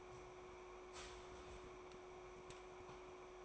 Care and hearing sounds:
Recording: daily activity, microphone in the room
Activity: start toaster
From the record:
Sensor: 1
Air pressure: 1014.7 hPa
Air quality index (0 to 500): 201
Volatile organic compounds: 34 ppm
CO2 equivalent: 3048 ppm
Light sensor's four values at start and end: 3/8/3/3 and 3/8/3/3

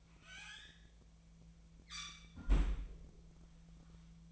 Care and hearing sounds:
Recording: daily activity, microphone in the room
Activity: close fridge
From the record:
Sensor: 1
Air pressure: 1009.7 hPa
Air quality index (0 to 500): 193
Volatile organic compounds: 19 ppm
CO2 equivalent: 2645 ppm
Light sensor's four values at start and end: 28/72/30/36 and 29/73/30/36

